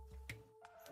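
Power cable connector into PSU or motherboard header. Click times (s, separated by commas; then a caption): 0.3 s. A PC power cable connector is pushed into its socket on the power supply or a motherboard header during a build in a Lian Li O11 Vision M case with a Ryzen 7 9850X3D and a 5080. It clicks in at 0.3 s with a click that is not very crisp but good enough, over steady background tones, followed by two fainter ticks around 0.7 s and 0.9 s. The connector is seated.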